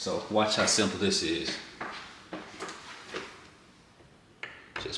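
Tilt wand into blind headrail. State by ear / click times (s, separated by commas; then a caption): seated / 4.4 s, 4.8 s. A plastic open/close tilt wand is pushed into the hole in the headrail of a cordless faux wood blind while someone talks, with a few soft knocks and rubs as it is fitted. It clicks into place with sharp clicks at 4.4 s and 4.8 s, and the wand is seated in the headrail.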